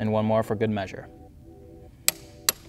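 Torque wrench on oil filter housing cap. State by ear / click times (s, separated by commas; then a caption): torque reached / 2.1 s, 2.5 s. Someone talks briefly, then a 25 Nm torque wrench is pulled a second time, for good measure, on the oil filter housing cap of a 2021 BMW G80 M3 Competition during an oil service. Over a quiet, steady hum, the wrench gives two sharp, bright clicks at 2.1 s and 2.5 s, confirming the cap is torqued.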